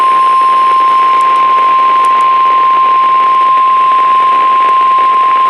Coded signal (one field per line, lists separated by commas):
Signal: Emergency Alert System (SAME) tones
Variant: 1050 Hz attention tone